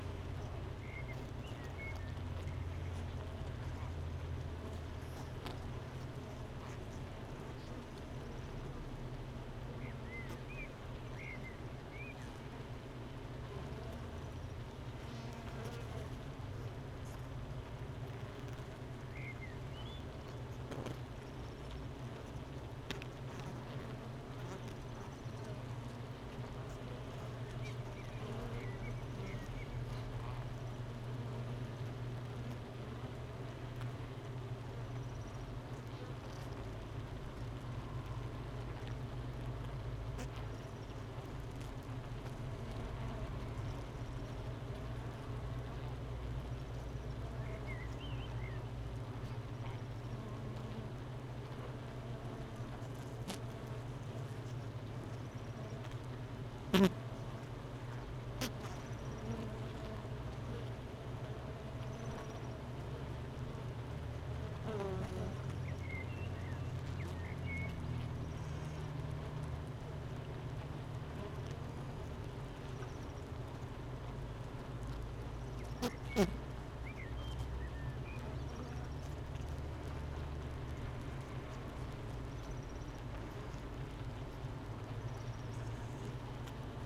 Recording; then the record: honeybee colony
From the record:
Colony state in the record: missing queen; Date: 31 May 2018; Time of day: 9:10